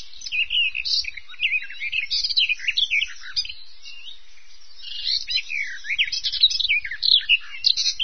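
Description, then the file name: Bird song: busy, jumbled warbling with fast chirps and slurred whistles, easing into a quieter spell midway. "vogel"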